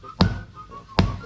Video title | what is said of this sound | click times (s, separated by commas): How to install vinyl plank flooring fast and easy | everything locked into place | 0.2 s, 1.0 s